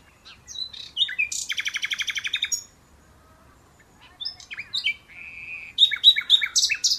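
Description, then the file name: Common nightingale song: short whistles leading into a fast, even trill of repeated notes, a pause, then a steady whistle and a flurry of sharp high notes. "Luscinia megarhynchos"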